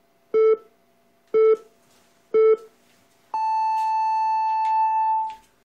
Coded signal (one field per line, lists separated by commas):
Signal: radio time signal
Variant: time pips